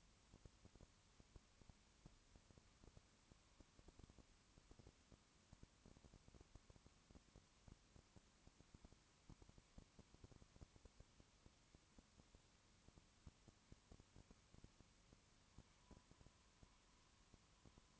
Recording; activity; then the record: daily activity, microphone in the room; no activity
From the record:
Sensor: 1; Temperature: 19.2 degrees Celsius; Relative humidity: 37.8%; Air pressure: 1001.1 hPa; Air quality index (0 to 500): 198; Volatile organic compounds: 7 ppm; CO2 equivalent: 1999 ppm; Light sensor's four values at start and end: 1/2/1/1 and 1/2/1/1